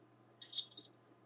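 A torque wrench tightens a screw-in weight into an R9 SuperTri golf driver head and gives a sharp click at 0.4 s as it reaches its setting. A brief bright, rattling metallic clatter follows until about 0.9 s. The weight is now tightened in place.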